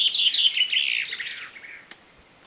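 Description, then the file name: Common chaffinch song phrase, a bright high series of notes sliding downward and fading out after about a second and a half. "Fringilla coelebs"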